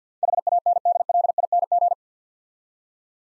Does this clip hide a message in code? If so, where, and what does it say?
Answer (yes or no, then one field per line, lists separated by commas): yes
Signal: Morse code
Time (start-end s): 0.2-1.9 s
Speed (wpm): 47 wpm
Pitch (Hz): 700 Hz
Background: none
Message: HANDLING